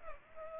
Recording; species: mosquito wingbeat signal from an infrared sensor; Culex pipiens